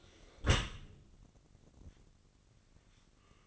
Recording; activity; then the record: daily activity, microphone in the room; close dishwasher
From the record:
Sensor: 4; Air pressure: 1013.2 hPa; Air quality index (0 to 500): 177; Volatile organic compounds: 2 ppm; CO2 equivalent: 1113 ppm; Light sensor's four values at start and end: 86/213/89/92 and 86/212/88/91